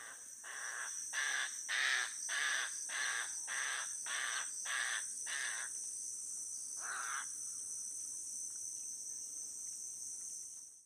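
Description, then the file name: Little blue heron giving harsh, croaking calls, nine in quick succession about every two-thirds of a second, then one more after a pause, over a steady high hiss. "Golosa ptic - Malaya golubaya caplya Egretta caerulea"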